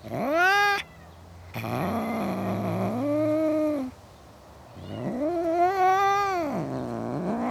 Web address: BBC Sound Effects Library Cats Cats In A Suburban Garden